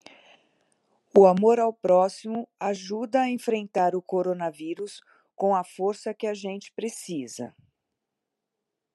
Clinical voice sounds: spoken sentence; Brazilian Portuguese; female; 50 to 59 years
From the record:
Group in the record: control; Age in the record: 58 years

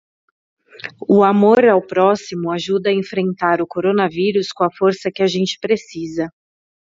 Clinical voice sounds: spoken sentence; Brazilian Portuguese; female; 30 to 39 years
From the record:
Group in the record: control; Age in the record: 31 years

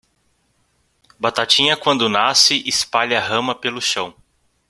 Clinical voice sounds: short text; Brazilian Portuguese; male; 30 to 39 years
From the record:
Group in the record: control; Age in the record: 32 years

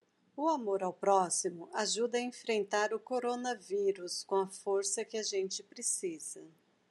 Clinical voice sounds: spoken sentence; Brazilian Portuguese; female; 40 to 49 years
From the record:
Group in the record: control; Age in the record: 45 years

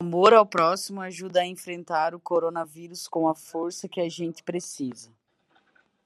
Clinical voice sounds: spoken sentence; Brazilian Portuguese; female; 30 to 39 years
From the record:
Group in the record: control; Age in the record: 36 years

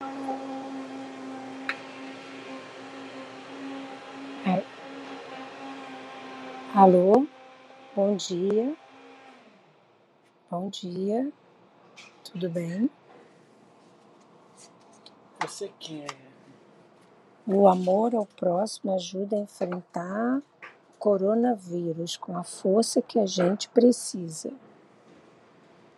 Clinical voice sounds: spoken sentence; Brazilian Portuguese; female; 60 to 69 years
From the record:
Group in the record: control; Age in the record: 61 years

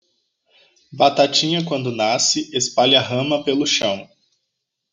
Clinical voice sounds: short text; Brazilian Portuguese; male; 30 to 39 years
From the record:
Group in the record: control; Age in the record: 31 years

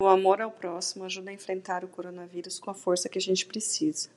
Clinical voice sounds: spoken sentence; Brazilian Portuguese; female; 30 to 39 years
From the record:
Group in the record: control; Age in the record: 38 years

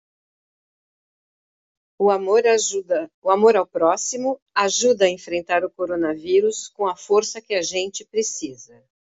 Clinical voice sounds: spoken sentence; Brazilian Portuguese; female; 50 to 59 years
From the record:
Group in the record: control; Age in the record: 57 years

